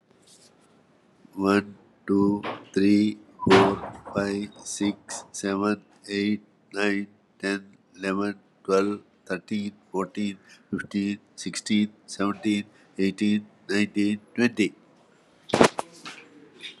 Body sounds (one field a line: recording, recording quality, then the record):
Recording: counting at a normal pace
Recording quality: excellent, no background noise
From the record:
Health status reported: exposed to COVID-19, no respiratory illness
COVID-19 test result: negative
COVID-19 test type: RT-PCR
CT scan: taken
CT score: 12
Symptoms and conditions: cold, hypertension, diabetes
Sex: male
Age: 76 years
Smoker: no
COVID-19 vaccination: both doses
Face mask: worn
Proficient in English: yes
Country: India